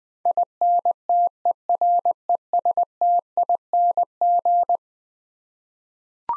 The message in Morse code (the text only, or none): INTERESTING